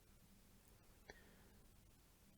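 A landing gear piece is fitted into a Gemini Jets 200 model 747 in British Airways Heritage Landor livery, seating without modification, unlike on the BOAC model. A single sharp click at 1.1 s stands out over a low, steady background hum. The gear part snaps into place and is seated.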